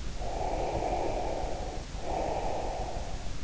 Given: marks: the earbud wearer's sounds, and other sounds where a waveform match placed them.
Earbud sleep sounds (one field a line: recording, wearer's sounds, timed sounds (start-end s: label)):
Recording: sounds in sleep by an in-ear microphone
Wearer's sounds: breath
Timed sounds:
0.29-3.20 s: breath